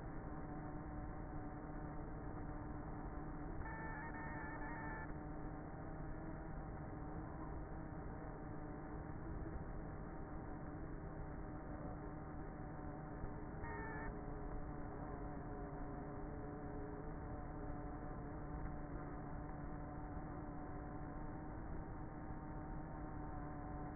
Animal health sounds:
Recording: honeybee colony, microphone inside the hive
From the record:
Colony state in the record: queenless with a low population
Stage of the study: before two queens were removed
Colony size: about 30,000 bees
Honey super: no

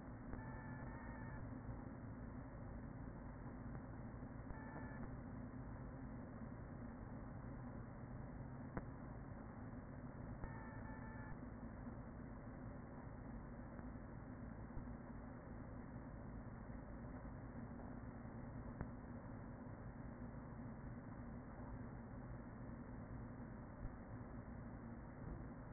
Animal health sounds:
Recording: honeybee colony, microphone inside the hive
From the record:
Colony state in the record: queen present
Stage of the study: after two queens were removed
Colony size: about 40,000 bees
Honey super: no

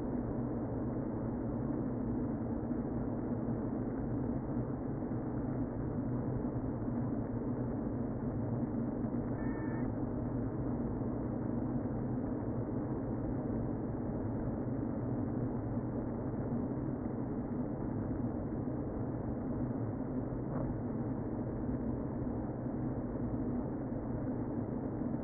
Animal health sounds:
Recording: honeybee colony, microphone inside the hive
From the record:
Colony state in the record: queen present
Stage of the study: before two queens were removed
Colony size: about 60,000 bees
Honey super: yes

